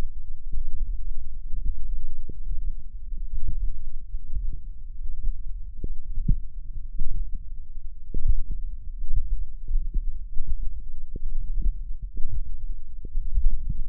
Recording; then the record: forearm muscle sounds (acoustic myography)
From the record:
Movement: hook grip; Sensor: system 1, eight BSWA MPA416 microphones around the upper forearm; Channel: 5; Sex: female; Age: 21 years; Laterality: right